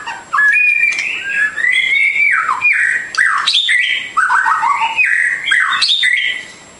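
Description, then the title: Bird song of a dense run of slurred whistles and squeaky notes, mostly mid-pitched. Complete masteran birdsong for training. "Kicau Burung Masteran Lengkap"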